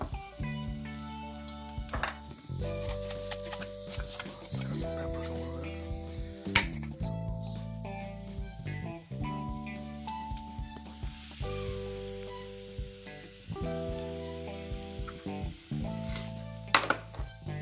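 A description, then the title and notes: Breakfast being made, with a steady frying sizzle hissing across the whole clip. Sustained musical chords play underneath, shifting every two seconds or so, and sharp clicks and clatters of utensils stand out near the middle and again near the end. Me making breakfast in the morning.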